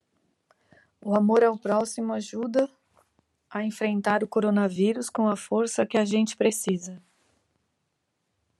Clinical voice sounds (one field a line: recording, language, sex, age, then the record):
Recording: spoken sentence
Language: Brazilian Portuguese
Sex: female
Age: 40 to 49 years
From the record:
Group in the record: control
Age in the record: 48 years